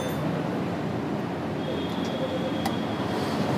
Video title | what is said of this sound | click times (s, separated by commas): Tvs NTORQ Seat lock problem solve - TVS NTORQ की seat बिना चाभी के कैसे खोलें? jameel auto work | फिर से इसको लॉक करते हैं रीडर मैं | 2.7 s